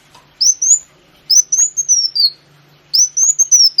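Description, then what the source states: Sunbird song: three bursts of thin, high, slurred whistles that rise then fall, separated by short pauses, with a faint low hum underneath. Sunbird known locally as kolibri wulung, used as a lure (pancingan).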